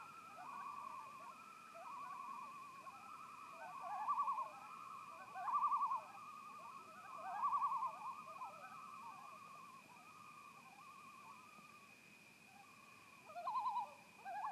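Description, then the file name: Loon giving wavering tremolo calls in repeated bursts, with a steady high background tone. Recorded 10 September 2018. "Loons Sunset Lodge"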